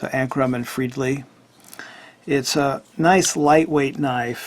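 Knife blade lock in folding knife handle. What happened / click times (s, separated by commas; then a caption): Handled, no clear lock click; only a brief light tick / none. Someone talks while handling a lightweight ball-bearing folding knife weighing 4.1 ounces, its blade meant to lock open in the handle. A few faint, brief ticks sound around 1.7–1.8 seconds during a pause in the talking. Nothing has seated or clicked yet; the blade is not yet locked home when the clip ends.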